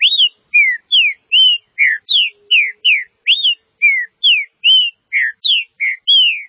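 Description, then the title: Green-winged saltator song, a steady continuous stream of clear whistled notes, each a short rising or falling slur, about two to three per second. "Trinca Ferro"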